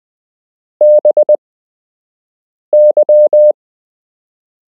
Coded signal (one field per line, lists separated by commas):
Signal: Morse code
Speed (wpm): 20 wpm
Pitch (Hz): 600 Hz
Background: none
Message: BY